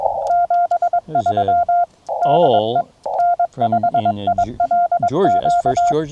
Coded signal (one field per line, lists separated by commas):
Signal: Morse code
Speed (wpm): 22 wpm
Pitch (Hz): 690 Hz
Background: speech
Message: 73 DE N5ILQ